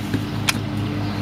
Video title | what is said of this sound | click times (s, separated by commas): Huntington Model 1740 Air Rifle | you pull the gun until you hear click. | 0.5 s